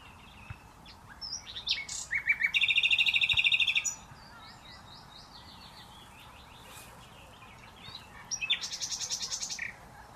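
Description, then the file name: Common nightingale song: scattered chirps building into a loud rapid buzzy trill lasting over a second, a descending run of notes, then another high trill. "Luscinia megarhynchos"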